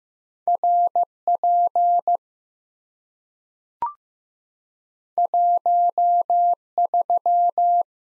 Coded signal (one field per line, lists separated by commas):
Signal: Morse code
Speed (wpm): 15 wpm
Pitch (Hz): 700 Hz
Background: none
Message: RP 13